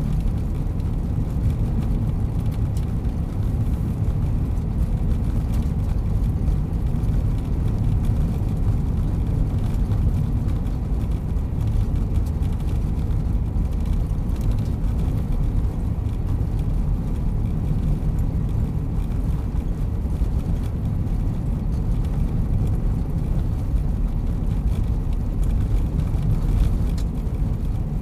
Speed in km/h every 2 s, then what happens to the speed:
57, 56, 56, 56, 55, 55, 55, 55, 54, 55, 54, 55, 53, 52.
0-28 steady at about 55.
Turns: none.